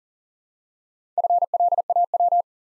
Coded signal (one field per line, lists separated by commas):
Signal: Morse code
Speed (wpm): 40 wpm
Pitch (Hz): 700 Hz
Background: none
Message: FLAW